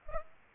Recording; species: mosquito wingbeat signal from an infrared sensor; Aedes aegypti